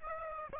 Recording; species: mosquito wingbeat signal from an infrared sensor; Aedes aegypti